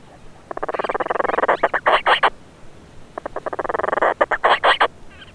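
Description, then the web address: Madeiran storm petrel calls: two rasping, purring phrases of rapid pulses, each ending in a few louder, more separated notes, with a brief gap between. Seabird vocalisations. "aves-marinhas painho-madeira geral Vocalizacoes"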